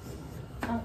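Two pieces of a metal clothing rack frame are pushed together until they seat, with a soft, muted click at 0.6 seconds followed by a brief ringing tone. The frame piece is seated in its mating piece.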